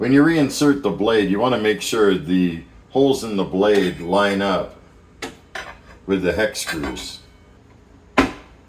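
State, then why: Seated. Someone talks while the circular steel blade of a Vevor 10" meat and deli slicer is put back onto its hub, with the holes in the blade lined up to the hex screw holes. Two lighter knocks come at about 5.2 and 5.6 seconds, then one sharp hit at 8.2 seconds as the blade clicks back into place and is seated.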